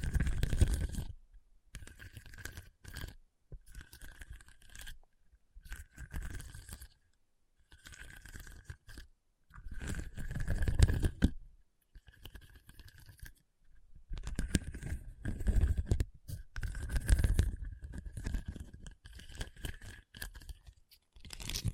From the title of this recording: Hard and Bumpy Surface Scratching